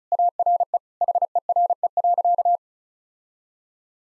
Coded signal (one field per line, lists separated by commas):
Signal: Morse code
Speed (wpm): 36 wpm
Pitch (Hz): 700 Hz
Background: none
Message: ARE HERE.